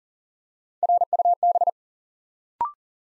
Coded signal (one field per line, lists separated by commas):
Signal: Morse code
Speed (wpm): 38 wpm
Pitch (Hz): 700 Hz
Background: none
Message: RUB